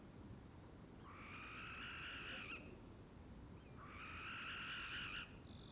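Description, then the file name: Barn owl giving two long, hissing screeches, each rasping for roughly a second and a half, with a brief high note at the end. A pair in courtship flight. "Common Barn Owl Courtship flight of pair"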